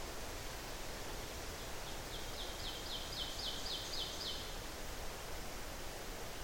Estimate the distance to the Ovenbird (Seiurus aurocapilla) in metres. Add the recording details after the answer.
about 70 m. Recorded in boreal forest in Alberta, Canada, on 12 June 2016 at 06:05. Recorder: SongMeter 3, array SBT-3-18. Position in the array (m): 67 m, 300 m. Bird 32